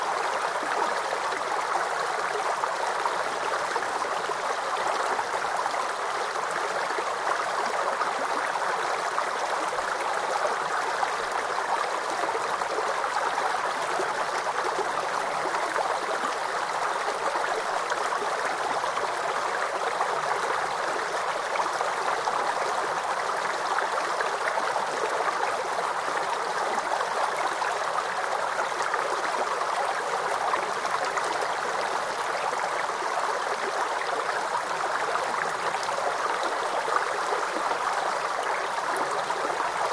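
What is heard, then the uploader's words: A water stream rushes steadily throughout, a dense, even hiss of flowing water centered in the middle and upper range, with no breaks or changes. Relaxing Water Stream.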